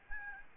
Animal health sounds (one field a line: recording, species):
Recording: mosquito wingbeat signal from an infrared sensor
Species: Aedes albopictus